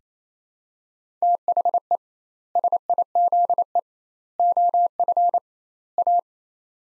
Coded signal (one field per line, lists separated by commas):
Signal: Morse code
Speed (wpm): 28 wpm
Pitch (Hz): 700 Hz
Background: none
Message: THE SIZE OF A